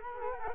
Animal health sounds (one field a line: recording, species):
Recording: mosquito wingbeat signal from an infrared sensor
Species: Culex quinquefasciatus